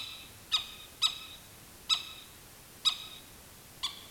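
Animal alarm call: five abrupt, raspy chip notes spaced unevenly about half a second to a second apart, with light background hiss.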